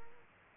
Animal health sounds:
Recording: mosquito wingbeat signal from an infrared sensor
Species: Culex quinquefasciatus

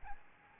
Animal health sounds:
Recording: mosquito wingbeat signal from an infrared sensor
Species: Aedes albopictus

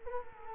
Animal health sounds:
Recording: mosquito wingbeat signal from an infrared sensor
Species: Culex quinquefasciatus

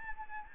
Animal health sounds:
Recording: mosquito wingbeat signal from an infrared sensor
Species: Anopheles arabiensis

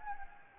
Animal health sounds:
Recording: mosquito wingbeat signal from an infrared sensor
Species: Anopheles gambiae

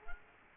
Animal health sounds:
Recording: mosquito wingbeat signal from an infrared sensor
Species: Culex quinquefasciatus

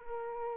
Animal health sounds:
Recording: mosquito wingbeat signal from an infrared sensor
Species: Aedes aegypti

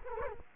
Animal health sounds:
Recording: mosquito wingbeat signal from an infrared sensor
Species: Culex quinquefasciatus

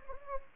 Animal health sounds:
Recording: mosquito wingbeat signal from an infrared sensor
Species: Anopheles gambiae

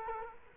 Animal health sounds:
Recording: mosquito wingbeat signal from an infrared sensor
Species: Culex quinquefasciatus

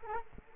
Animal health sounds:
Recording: mosquito wingbeat signal from an infrared sensor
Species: Culex quinquefasciatus

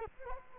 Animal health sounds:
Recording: mosquito wingbeat signal from an infrared sensor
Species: Culex quinquefasciatus

